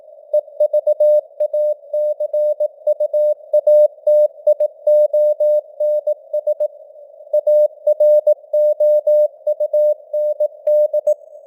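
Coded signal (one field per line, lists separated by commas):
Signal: Morse code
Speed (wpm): 18 wpm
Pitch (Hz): 600 Hz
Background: none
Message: EVACUATIONS AROUND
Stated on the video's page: Morse code news headlines at 18 wpm with simulated radio noise and varying signal strength (QSB).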